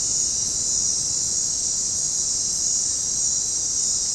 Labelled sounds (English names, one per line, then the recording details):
none
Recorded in dense forest near Puerto Asís, Putumayo, Colombia, on 20 February 2024 at 22:00
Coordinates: 0.503, -76.322
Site G6418